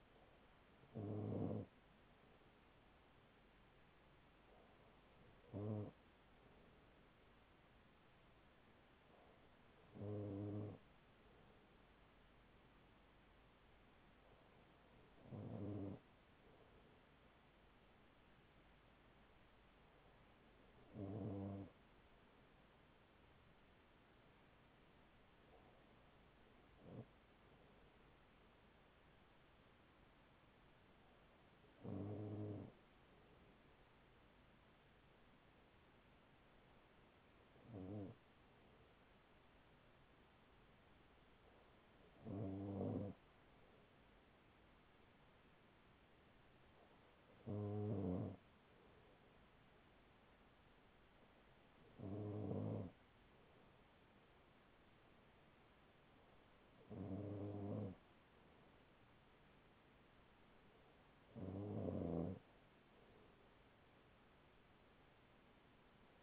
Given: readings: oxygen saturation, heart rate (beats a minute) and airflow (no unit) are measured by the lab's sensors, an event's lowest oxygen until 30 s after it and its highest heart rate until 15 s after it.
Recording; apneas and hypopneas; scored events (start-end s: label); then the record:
breathing in sleep by a voice recorder at the bedside; none
none scored
From the record:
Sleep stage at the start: N2 (light sleep); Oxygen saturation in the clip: 95 to 96%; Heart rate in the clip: 38 to 42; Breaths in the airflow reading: 13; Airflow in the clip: -5.1 to 4.6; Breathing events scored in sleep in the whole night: 207 in 7.6 hours asleep